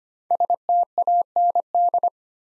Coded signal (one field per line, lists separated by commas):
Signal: Morse code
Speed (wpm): 25 wpm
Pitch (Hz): 700 Hz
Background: none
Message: STAND